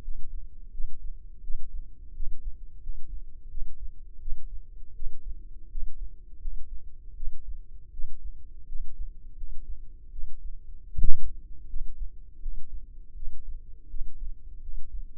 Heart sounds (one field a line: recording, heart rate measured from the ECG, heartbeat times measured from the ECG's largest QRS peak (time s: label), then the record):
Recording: heart sounds by microphone in the left ear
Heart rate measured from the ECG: 82 bpm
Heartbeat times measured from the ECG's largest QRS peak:
0.03 s: heartbeat
0.72 s: heartbeat
1.42 s: heartbeat
2.14 s: heartbeat
2.81 s: heartbeat
3.49 s: heartbeat
4.20 s: heartbeat
4.94 s: heartbeat
5.70 s: heartbeat
6.40 s: heartbeat
7.15 s: heartbeat
7.91 s: heartbeat
8.67 s: heartbeat
9.36 s: heartbeat
10.11 s: heartbeat
10.88 s: heartbeat
11.68 s: heartbeat
12.40 s: heartbeat
13.14 s: heartbeat
13.88 s: heartbeat
14.61 s: heartbeat
From the record:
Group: healthy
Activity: rest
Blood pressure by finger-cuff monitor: 95/60 mmHg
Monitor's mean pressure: 69 mmHg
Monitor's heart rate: 82 bpm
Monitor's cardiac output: 6.8 L/min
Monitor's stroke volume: 80 mL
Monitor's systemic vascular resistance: 740 dyn s/cm5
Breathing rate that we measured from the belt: 20 breaths a minute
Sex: female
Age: 19 years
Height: 163 cm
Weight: 48.9 kg